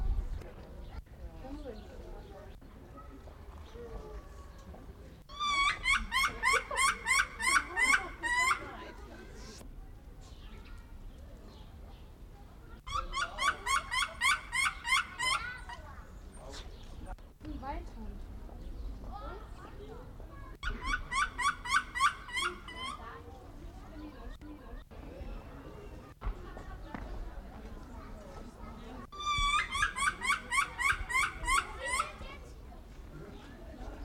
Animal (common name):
Bush Dog